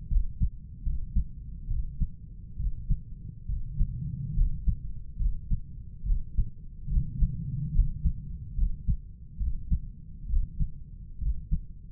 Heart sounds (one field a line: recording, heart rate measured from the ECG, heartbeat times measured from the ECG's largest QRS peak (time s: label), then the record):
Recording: heart sounds by stethoscope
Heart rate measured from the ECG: 70 bpm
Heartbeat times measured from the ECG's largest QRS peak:
0.12 s: heartbeat
0.87 s: heartbeat
1.71 s: heartbeat
2.60 s: heartbeat
3.50 s: heartbeat
4.38 s: heartbeat
5.21 s: heartbeat
6.07 s: heartbeat
6.91 s: heartbeat
7.76 s: heartbeat
8.58 s: heartbeat
9.41 s: heartbeat
10.30 s: heartbeat
11.22 s: heartbeat
From the record:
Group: healthy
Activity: cold pressor test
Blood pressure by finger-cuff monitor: 147/90 mmHg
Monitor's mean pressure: 106 mmHg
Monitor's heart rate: 71 bpm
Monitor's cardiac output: 7.9 L/min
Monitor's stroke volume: 111 mL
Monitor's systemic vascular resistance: 1010 dyn s/cm5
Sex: male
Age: 30 years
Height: 188 cm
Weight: 110.2 kg